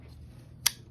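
The blade of a genuine Spyderco Paramilitary 3 (Para 3) G-10 folding knife is flicked open against a quiet, low hum. A single sharp, bright snap rings out at 0.7 s as the blade locks into its compression lock.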